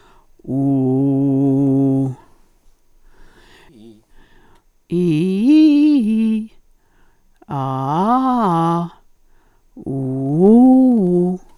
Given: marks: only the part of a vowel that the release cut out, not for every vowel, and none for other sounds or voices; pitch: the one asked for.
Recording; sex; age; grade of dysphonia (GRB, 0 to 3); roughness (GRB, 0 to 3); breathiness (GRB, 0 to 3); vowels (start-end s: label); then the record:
sustained vowels; female; 60 to 69 years; 2; 1; 2
0.63-1.60 s: vowel /u/, low pitch
4.99-6.28 s: vowel /i/, low-high-low pitch
7.61-8.72 s: vowel /a/, low-high-low pitch
9.98-11.23 s: vowel /u/, low-high-low pitch
From the record:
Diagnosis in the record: dysodia (singing voice disorder); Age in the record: 68 years